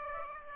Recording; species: mosquito wingbeat signal from an infrared sensor; Aedes aegypti